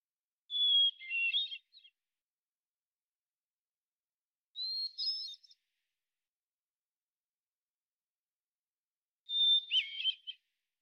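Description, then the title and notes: Hermit thrush song phrases repeated roughly every four to five seconds, each a pure whistle dissolving into fast, flutelike trills at varying pitches. Single individual singing a song sequence ending with a block of basic phonemes and variants, at natural pace and rhythm; Pacific Northwest, Washington, United States. "Hermit Thrush, Catharus guttatus, individual performance, song sequence with an end block of example 8 basic phonemes and variants, isolated from original, natural pace and rhythm maintained Recorded in the beautiful Pacific Northwest, Washington, United States"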